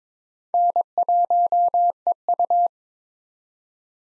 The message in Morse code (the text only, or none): N1EU